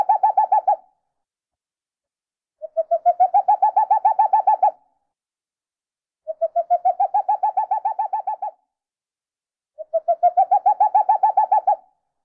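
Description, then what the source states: Owl hooting in quick, regular series of mellow notes, four bouts separated by brief silences, each series swelling slightly in pitch and strength. Owl, marked NL.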